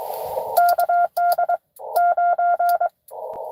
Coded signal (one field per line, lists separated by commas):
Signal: Morse code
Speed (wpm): 23 wpm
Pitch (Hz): 700 Hz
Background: none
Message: KD9